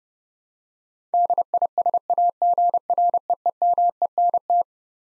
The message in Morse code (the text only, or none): DISAGREEMENT